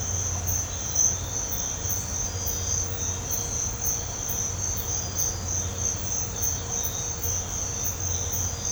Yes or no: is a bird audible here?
no